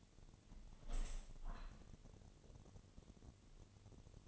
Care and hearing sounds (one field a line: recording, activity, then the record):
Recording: daily activity, microphone in the room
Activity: open window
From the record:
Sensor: 4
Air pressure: 1007.2 hPa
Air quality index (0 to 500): 186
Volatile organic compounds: 6 ppm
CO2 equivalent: 1852 ppm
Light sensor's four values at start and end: 23/73/28/27 and 23/73/28/27